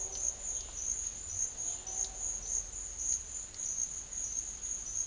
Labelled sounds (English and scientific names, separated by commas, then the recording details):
none
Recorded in dense forest near Puerto Asís, Putumayo, Colombia, on 4 March 2025 at 09:30
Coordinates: 0.500, -76.322
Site GP06